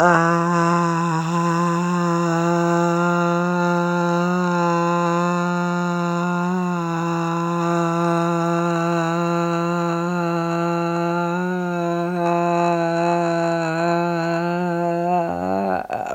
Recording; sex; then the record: sustained vowel /a/; female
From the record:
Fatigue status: no fatigue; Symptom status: symptomatic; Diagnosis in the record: COVID-19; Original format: m4a